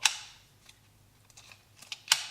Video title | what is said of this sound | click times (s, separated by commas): Slim Locking Aluminum Wallet | the big one has a really nice snap as well | 0.1 s, 2.1 s